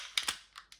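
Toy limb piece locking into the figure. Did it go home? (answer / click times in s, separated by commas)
yes / 0.2 s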